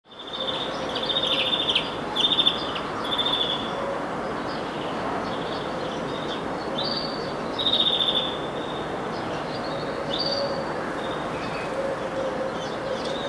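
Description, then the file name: European greenfinch calling: short trilled twitters near the start, then sparse buzzy notes and another trill midway, against constant rushing background noise. "Chloris chloris"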